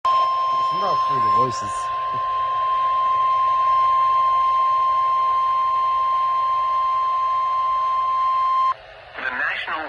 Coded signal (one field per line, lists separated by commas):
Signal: Emergency Alert System (SAME) tones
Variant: 1050 Hz attention tone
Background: speech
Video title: Flash Flood Warning on KEC56 8/30/25 (EAS#4,619)